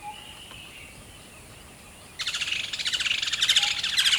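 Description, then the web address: Bird calls: after a quiet start, a sudden burst of rapid, high, scratchy chirps over a steady background hiss. A single bird at a river at dawn in rainforest jungle. "river dawn single bird. dschungel regenwald"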